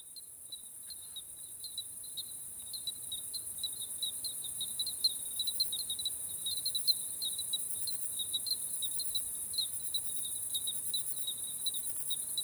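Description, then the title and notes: Bell cricket song, a long high tinkling trill of irregular bell-like pulses on a continuous tone, against a dense high-pitched insect chorus. Common on a limestone plateau at 1000 m altitude in the Haut-Diois; heard at night on 28 July 2018 between 22:00 and 02:00. "Grillon tintinnabulant. Haut Diois"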